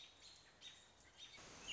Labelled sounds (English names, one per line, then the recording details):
American Robin
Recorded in Sonoma County, California